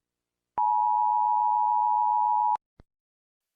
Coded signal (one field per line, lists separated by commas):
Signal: Emergency Alert System (SAME) tones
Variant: 853 and 960 Hz attention tone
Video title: Spec Ops: The Line EAS Mock - The Sandstorm.